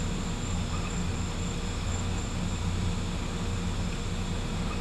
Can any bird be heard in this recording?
no